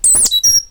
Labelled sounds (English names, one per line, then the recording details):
Stitchbird song
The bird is a male
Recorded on Tiritiri Matangi Island, New Zealand, in 2005
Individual 8, of nest box 10